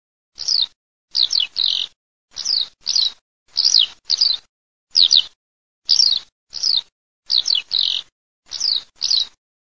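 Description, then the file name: Eurasian skylark calls: high, scratchy chirrups falling in pitch, mostly in pairs, repeated steadily about every second with quiet gaps between. "ALLODOLAFR"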